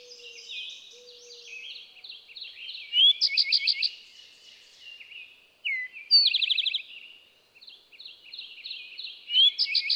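Eastern towhee repeating its song three times, roughly every three seconds: a short rising note then a ringing trill of several quick notes, amid chattering background birds.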